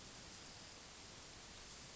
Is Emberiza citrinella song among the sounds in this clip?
no